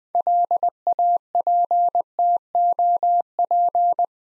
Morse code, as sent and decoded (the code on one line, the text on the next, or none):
.-.. .- .--. - --- .--.
LAPTOP